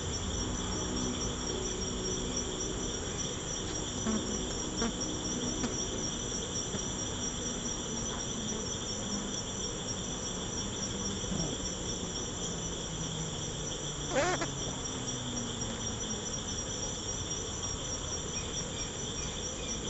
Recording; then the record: honeybee defence experiment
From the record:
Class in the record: control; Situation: empty test tube, no live specimens